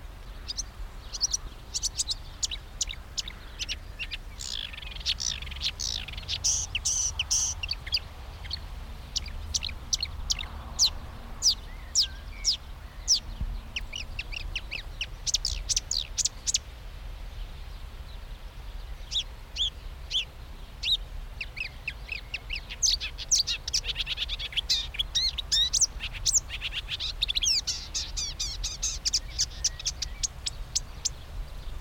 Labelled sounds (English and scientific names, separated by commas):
Marsh Warbler (Acrocephalus palustris)